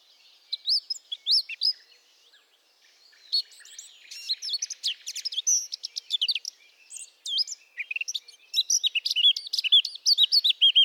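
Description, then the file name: Eurasian blackcap in lively warbling song, scratchy chatter and bright whistled notes running together, growing denser and louder toward the close. "Sylvia atricapilla"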